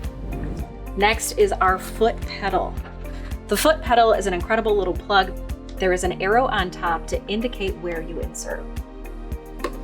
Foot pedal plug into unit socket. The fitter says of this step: again you will hear a snap